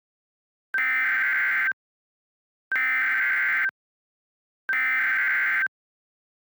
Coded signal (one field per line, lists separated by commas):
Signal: Emergency Alert System (SAME) tones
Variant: header bursts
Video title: EAS Recreation (11/21/12): All Clear for Osceola